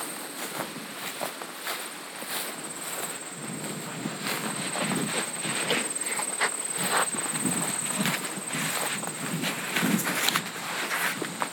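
Horses' hooves thud irregularly along the Eastmanville Farm Trail, dull frequent footfalls over a steady high hiss, with occasional brighter clicks throughout.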